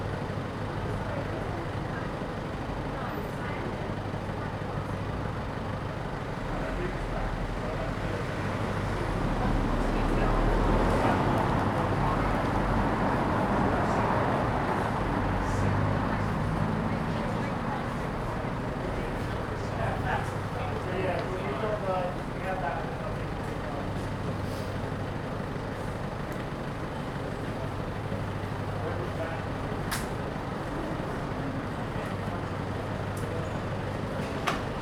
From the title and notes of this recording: Street bar. Captured on the pavement outside a small bar in a narrow street. Daylight is running out as people return home after shopping in the city. The street is decorated with Christmas lights along the length.